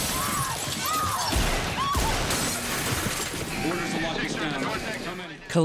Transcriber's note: soundbite of screaming and crying; soundbite of shots fired